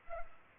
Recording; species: mosquito wingbeat signal from an infrared sensor; Culex pipiens